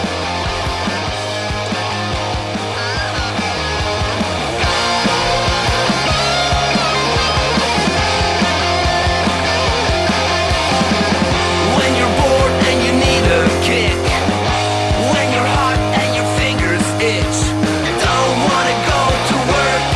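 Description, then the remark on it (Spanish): A loud death punk rock song blasts steadily, with dense distorted guitars and pounding drums driving a fast, relentless rhythm that grows slightly fuller a few seconds in. “Ellos dicen metal punk o death punk, pero para mí es una especie de punk and roll.”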